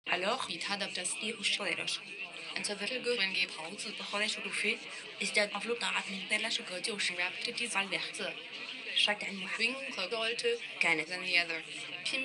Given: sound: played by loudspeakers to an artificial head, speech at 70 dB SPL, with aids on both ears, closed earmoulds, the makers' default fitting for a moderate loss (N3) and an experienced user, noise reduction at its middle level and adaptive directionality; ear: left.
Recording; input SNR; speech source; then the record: speech test signal (ISTS) in cocktail-party noise; +9 dB; in front (0 degrees)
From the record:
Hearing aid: class 2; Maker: I